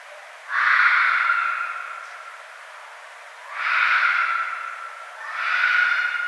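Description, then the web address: Red fox: three harsh, raspy drawn-out cries, each over a second long, the first two tapering off; the second comes about three seconds after the first, the third soon after. Recorded 1 February 2012. "Red Fox 2012 02 01"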